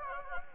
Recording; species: mosquito wingbeat signal from an infrared sensor; Anopheles gambiae